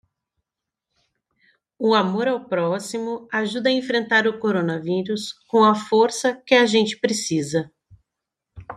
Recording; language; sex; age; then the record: spoken sentence; Brazilian Portuguese; female; 30 to 39 years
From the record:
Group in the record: control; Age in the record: 37 years